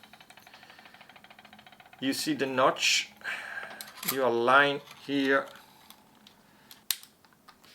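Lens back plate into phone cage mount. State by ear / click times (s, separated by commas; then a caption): seated / 6.9 s. A metal lens back plate is lined up on its notch and pushed onto an aluminium NEEWER PA073/PA074 phone cage for an iPhone 16 Pro while someone talks. Faint ticking runs under the start, and after the speech a sharp click at 6.9 s marks the plate locking in place and mounted.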